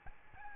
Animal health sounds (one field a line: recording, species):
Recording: mosquito wingbeat signal from an infrared sensor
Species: Aedes albopictus